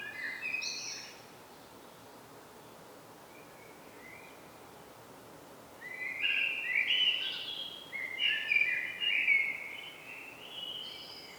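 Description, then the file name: Common blackbird song, a short mellow phrase at the start, then after a pause a longer series of fluty, warbled phrases with squeaky twitters, over steady background hiss. "Turdus merula"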